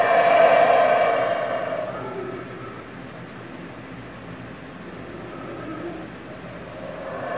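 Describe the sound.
Howler monkeys opening with a loud, harsh roar that fades into a softer rumbling background before rising slightly at the end.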